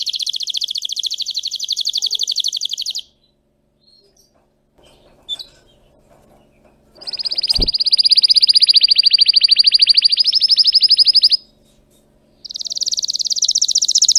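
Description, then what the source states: Canary song in three rapid high trills separated by pauses, with a click during the second trill. Belgian canary of red frosted colour variety; singing.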